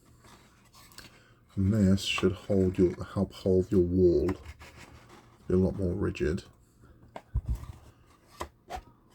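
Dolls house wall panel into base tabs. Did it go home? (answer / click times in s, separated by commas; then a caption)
no / none. A wooden wall piece from a dolls house kit is handled over its locating tabs in the base, meant to make the wall more rigid, while someone talks. Light scratching and rubbing of the parts is heard between the talk, with brief sharp ticks near 1.0 s and 7.2 s. Nothing has seated or clicked yet, and the piece has not gone home by the end of the clip.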